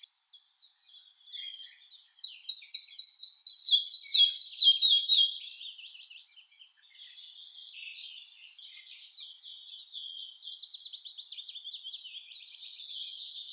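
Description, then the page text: Red-breasted flycatcher song: a short high note, then a cascading series of repeated descending notes, followed by extended soft buzzy trills and twittering. "Ficedula parva - Мухоловка малая"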